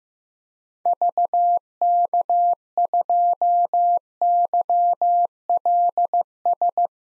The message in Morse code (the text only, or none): VK2YLS